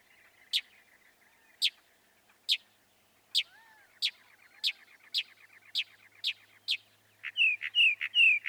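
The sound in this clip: Northern mockingbird song: sharp high notes repeated at shortening intervals, with faint chatter behind, ending in a run of louder repeated slurred notes.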